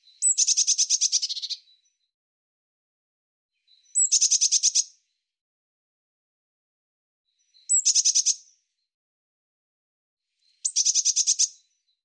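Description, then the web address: Bird singing high, thin phrases: each opens with a brief sharp note, then a quick buzzy run of repeated notes. Four phrases, roughly every three and a half seconds, with silence between. "Deverinetal"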